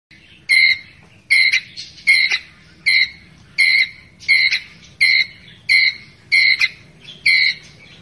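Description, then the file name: Ground squirrel calling in quick, piercing chirps, roughly ten in eight seconds, evenly spaced with a couple doubled notes, over quiet background. Ground squirrel calling to its group. "Tieng soc dat goi bay"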